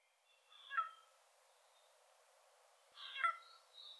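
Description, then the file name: Eurasian jay calls: two short calls about two and a half seconds apart, with a thin whistled note near the end. "Garrulus glandarius"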